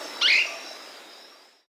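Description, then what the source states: Slaty gnateater giving a single sharp, high chirp that drops in pitch. South America.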